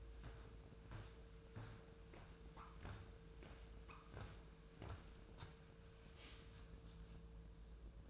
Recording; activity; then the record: daily activity, microphone in the room; walk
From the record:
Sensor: 2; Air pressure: 1005.3 hPa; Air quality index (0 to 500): 99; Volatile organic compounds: 2 ppm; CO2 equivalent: 1196 ppm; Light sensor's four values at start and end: 8/20/8/8 and 8/20/8/8